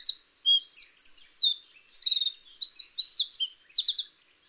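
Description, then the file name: Eurasian wren delivering a long, breathless song of crisp high chips, thin whistles and short trills tumbling quickly one after another. "Troglodytes troglodytes"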